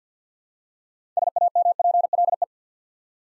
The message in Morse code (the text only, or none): SAMPLE